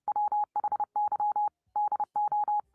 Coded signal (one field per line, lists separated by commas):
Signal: Morse code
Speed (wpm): 30 wpm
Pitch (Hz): 840 Hz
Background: none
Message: WHY DO